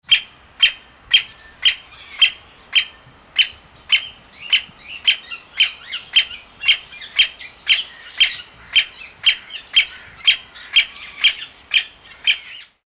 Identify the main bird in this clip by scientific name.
Bambusicola thoracicus